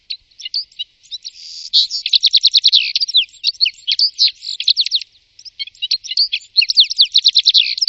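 Bird song, a fast high twittering of chirps and trills, with rapid buzzy runs and short pauses before it resumes.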